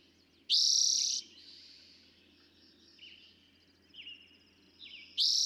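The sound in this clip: Eastern towhee song: a loud buzzy trill, a pause filled with quieter bird notes, then the trill starting again; faint hum in the background.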